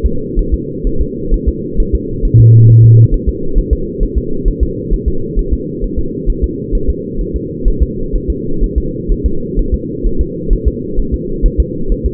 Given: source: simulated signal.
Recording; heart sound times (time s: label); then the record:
fetal heart sounds
0.06 s: S2
0.39 s: S1
0.54 s: S2
0.87 s: S1
1.02 s: S2
1.34 s: S1
1.49 s: S2
1.80 s: S1
1.95 s: S2
2.25 s: S1
2.40 s: S2
2.70 s: S1
2.84 s: S2
3.14 s: S1
3.29 s: S2
3.59 s: S1
3.73 s: S2
4.03 s: S1
4.18 s: S2
4.48 s: S1
4.63 s: S2
4.94 s: S1
5.08 s: S2
5.39 s: S1
5.53 s: S2
5.84 s: S1
5.99 s: S2
6.30 s: S1
6.44 s: S2
6.75 s: S1
6.90 s: S2
7.21 s: S1
7.36 s: S2
7.68 s: S1
7.83 s: S2
8.16 s: S1
8.30 s: S2
8.64 s: S1
8.78 s: S2
9.12 s: S1
9.26 s: S2
9.59 s: S1
9.74 s: S2
10.06 s: S1
10.21 s: S2
10.53 s: S1
10.68 s: S2
11.00 s: S1
11.14 s: S2
11.46 s: S1
11.60 s: S2
11.92 s: S1
12.06 s: S2
From the record:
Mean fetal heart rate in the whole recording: 130 bpm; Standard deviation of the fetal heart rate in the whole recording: 4 bpm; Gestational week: 38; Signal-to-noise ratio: -8.1 dB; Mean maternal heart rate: 72 bpm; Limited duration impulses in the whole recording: present